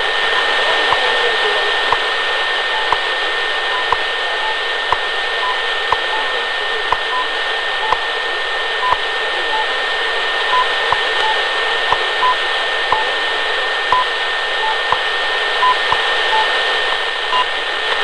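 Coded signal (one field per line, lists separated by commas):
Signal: radio time signal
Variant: WWV and BPM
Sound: noisy shortwave hiss with a click every second plus faint short beeps and a steady tone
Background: radio static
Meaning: Each tick marks one second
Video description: WWV (Fort Collins, Colorado) and what I believe is BPM (Xi'an, China) as well as a second time signal beep I don't recognize heard alongside the other two. Recieved on 10 MHz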